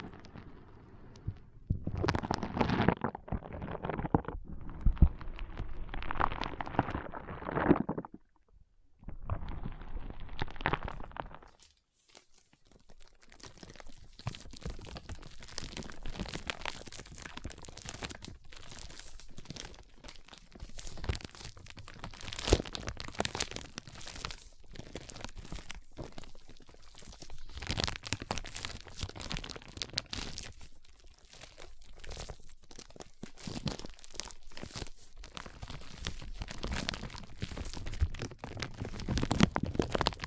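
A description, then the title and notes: Foam being squeezed and rubbed in ASMR style, opening with several separate bursts of squishing and crunching, broken by brief silences, for the first twelve seconds. After that the crinkly, crackling rubbing runs almost without pause, dense and bright, with small swells and short dips throughout. ASMR Powerful Foam Brain Massage.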